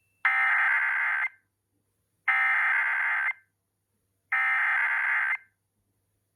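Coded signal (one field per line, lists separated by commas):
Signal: Emergency Alert System (SAME) tones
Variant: header bursts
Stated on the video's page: Tsunami communications drill and weekly tests.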